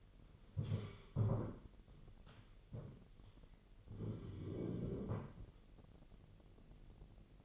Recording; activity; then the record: daily activity, microphone in the room; stand up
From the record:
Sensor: 4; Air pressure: 999.4 hPa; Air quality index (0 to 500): 108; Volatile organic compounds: 2 ppm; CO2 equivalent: 1063 ppm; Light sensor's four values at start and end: 11/26/10/12 and 11/26/10/11